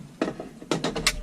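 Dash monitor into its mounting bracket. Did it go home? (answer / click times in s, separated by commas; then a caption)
no / none. A plastic dash monitor for a Boss BE10ACP or BCPA10 single-DIN radio, installed in a Class A RV's double-DIN opening, is handled and pressed toward its mount bracket after being released. Four short, sharp plastic taps are heard at about 0.2, 0.7, 0.8 and 1.1 s, the last the loudest. The monitor has not seated or clicked into the mount yet.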